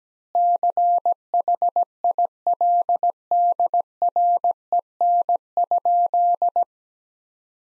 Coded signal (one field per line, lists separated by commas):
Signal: Morse code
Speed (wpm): 17 wpm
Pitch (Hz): 700 Hz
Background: none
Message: CHILDREN?